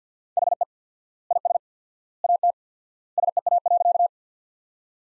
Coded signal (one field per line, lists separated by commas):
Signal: Morse code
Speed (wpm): 50 wpm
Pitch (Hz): 700 Hz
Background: none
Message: HE IS AT SEA.